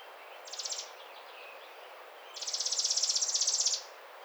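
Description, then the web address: Chipping Sparrow song: a brief high dry trill, then a longer, even, rapid trill of identical chips lasting over a second. Recorded on 22 May 2009. "Chipping Sparrow 2009 05 22"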